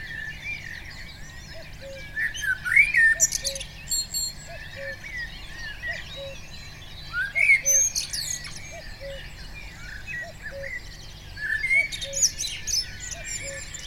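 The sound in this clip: Common blackbird calling in three loud bursts of sharp, chattering high notes about every four to five seconds, over a steady series of short low piping notes.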